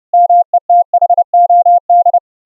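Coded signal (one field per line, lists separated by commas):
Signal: Morse code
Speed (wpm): 30 wpm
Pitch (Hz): 700 Hz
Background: none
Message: METHOD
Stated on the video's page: Morse audio tones sent over the internet via a webRTC website, heard unfiltered and with CW regeneration filtering.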